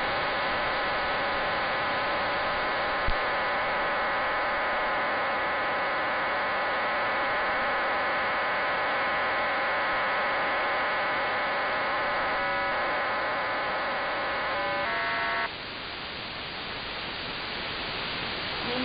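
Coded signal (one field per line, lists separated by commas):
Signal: numbers station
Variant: HM01 data burst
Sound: steady buzzing multi-tone data hiss that stops abruptly, leaving plain static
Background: radio static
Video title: 28 12 2021 Cuban Spy Number HM01 in Spanish 1043 on 12180 Bejucal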